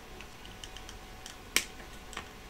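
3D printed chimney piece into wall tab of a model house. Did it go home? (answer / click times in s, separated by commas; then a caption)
yes / 1.6 s. A small 3D-printed plastic chimney piece from a gingerbread house kit, beveled edge facing up, is pushed into a tab on the two-millimeter-thick wall of the model house. Faint ticks lead up to one sharp, bright snap at 1.6 s, followed by a softer tick near 2.2 s. The chimney is seated; the snap is not especially satisfying, but it is enough to hold the piece in place.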